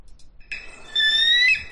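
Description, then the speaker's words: Bald eagle screech: a single high, thin squealing whistle held for about a second. Real call of the bald eagle, likened to a seagull's screeching, contrasted with the sound commonly associated with the bird as a symbol of freedom. "that is the actual sound of a bald eagle."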